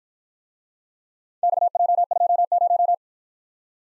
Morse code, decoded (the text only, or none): XJ20